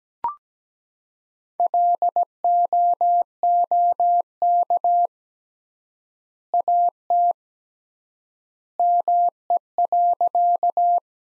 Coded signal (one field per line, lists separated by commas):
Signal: Morse code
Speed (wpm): 17 wpm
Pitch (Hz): 700 Hz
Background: none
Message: LOOK AT ME.